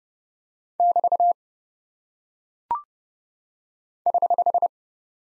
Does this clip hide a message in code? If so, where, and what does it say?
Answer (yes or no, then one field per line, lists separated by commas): yes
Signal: Morse code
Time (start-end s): 0.8-4.7 s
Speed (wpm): 30 wpm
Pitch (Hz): 700 Hz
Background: none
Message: <BT> <HH>